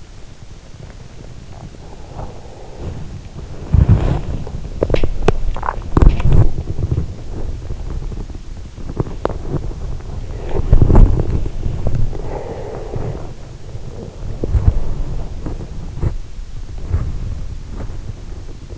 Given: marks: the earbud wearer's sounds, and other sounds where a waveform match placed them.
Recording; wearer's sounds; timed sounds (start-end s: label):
sounds in sleep by an in-ear microphone; body movement, breath
1.12-18.78 s: body movement
4.74-6.21 s: sound from someone else or the room
12.06-13.55 s: breath